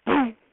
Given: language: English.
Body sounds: throat vibration sensor signal played as sound; throat clearing

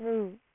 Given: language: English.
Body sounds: throat vibration sensor signal played as sound; speech

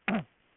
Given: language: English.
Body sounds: throat vibration sensor signal played as sound; throat clearing

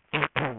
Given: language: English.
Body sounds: throat vibration sensor signal played as sound; throat clearing

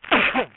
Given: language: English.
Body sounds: throat vibration sensor signal played as sound; cough

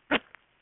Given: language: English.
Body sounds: throat vibration sensor signal played as sound; cough

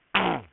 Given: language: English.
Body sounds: throat vibration sensor signal played as sound; throat clearing

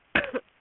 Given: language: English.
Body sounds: throat vibration sensor signal played as sound; cough

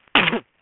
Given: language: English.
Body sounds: throat vibration sensor signal played as sound; cough

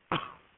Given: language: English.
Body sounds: throat vibration sensor signal played as sound; cough

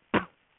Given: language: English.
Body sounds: throat vibration sensor signal played as sound; cough

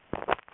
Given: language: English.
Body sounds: throat vibration sensor signal played as sound; swallow

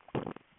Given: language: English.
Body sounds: throat vibration sensor signal played as sound; swallow

